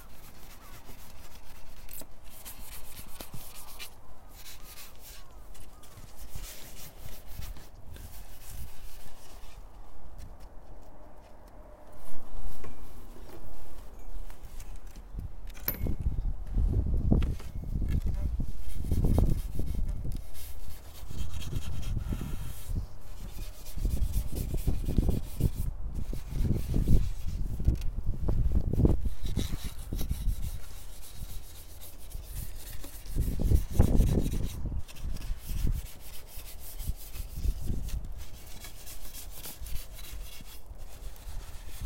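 Dried daikon strips are gathered from a drying rack into a bag, with crinkly rustling and rubbing throughout. Handling is lighter at first, then from about 15 seconds becomes denser and heavier, with thumping low bumps around 16–20, 25–30 and 34 seconds.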